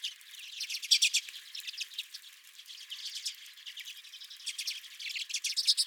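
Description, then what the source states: Redpolls calling in a chattering flock, rapid dry twittering notes in bursts, busiest near the start and end, with no other clear sounds. Several redpolls at the recordist's feeder.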